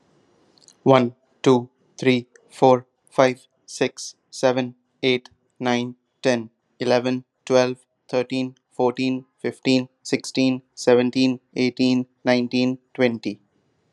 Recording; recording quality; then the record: counting at a normal pace; excellent, no background noise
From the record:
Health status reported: COVID-19 positive, mild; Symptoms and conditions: cough, cold, sore throat, fever, fatigue, muscle pain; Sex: male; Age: 25 years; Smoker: not ticked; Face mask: not worn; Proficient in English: yes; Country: India